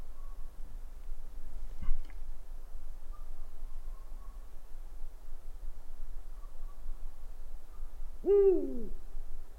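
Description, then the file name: Owl call: one hoot near the end, rounded and slightly descending; a sharp click sounds early on over a low hum. "gufo"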